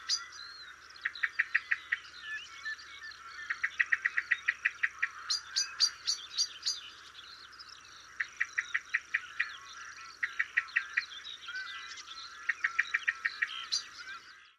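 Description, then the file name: Common blackbird calls, sharp clicking chinks in quick bursts of several, repeated every few seconds. "Turdus merula"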